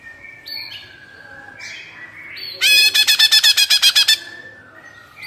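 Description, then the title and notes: Greater green leafbird with soft whistled notes, then a fast rhythmic chattering trill of buzzy notes lasting over a second. Active singing bird with crest raised, in the ngentrok song style; recording made as a master track for training captive greater green leafbirds. "Cucak Ijo Gacor Ngentrok Jambul Nembak. suara burung cucak ijo gacor, merdu cocok buat masteran burung cucak ijo"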